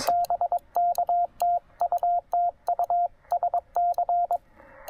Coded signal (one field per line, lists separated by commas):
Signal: Morse code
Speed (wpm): 21 wpm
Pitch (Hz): 700 Hz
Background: radio noise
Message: BK TU TU SC